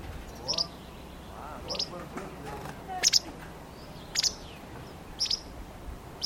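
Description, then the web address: Bird giving short high chirps about once a second, some doubled, against a soft low background hum. "Bird Only"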